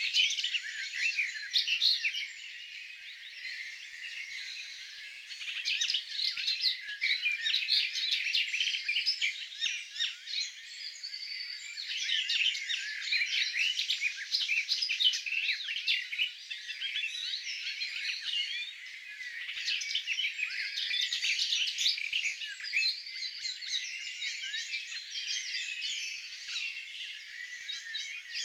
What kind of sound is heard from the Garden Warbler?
song